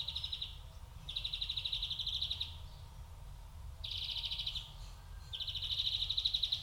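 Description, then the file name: European greenfinch producing long buzzy trilled phrases, four in all, with low rumble beneath. "Chloris chloris"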